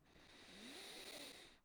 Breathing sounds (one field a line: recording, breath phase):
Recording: one breath near a microphone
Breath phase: inhalation